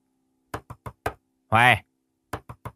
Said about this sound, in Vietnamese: Bà Tào đập cửa vừa kêu to lên.